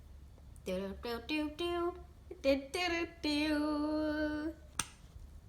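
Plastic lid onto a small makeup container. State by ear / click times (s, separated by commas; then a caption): seated / 4.8 s. After a lip product is applied, the plastic lid of a small plastic makeup container is pressed closed while someone hums and talks. The lid snaps shut with a sharp click at 4.8 s, and the container is closed.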